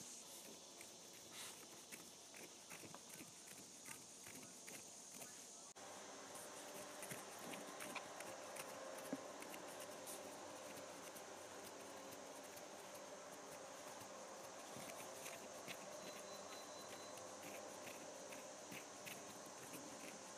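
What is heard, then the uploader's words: Hands are scratched in a dry, rasping rub made of many quick, short strokes. Around six seconds the scratching becomes denser and a little louder, settling into a steady, hissy scrape with a bright edge that continues to the end. Scratching my Hands.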